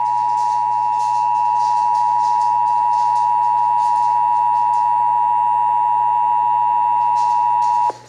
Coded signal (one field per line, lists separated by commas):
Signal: Emergency Alert System (SAME) tones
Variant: 853 and 960 Hz attention tone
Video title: (EAS #488) Severe Thunderstorm Warning (WBAP-AM)